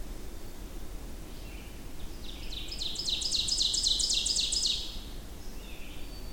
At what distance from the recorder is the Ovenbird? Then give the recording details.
about 30 m. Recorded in boreal forest in Alberta, Canada, on 25 June 2016 at 08:21. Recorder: SongMeter 3, array SBT-6-76. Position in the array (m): 30 m, 108 m. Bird 2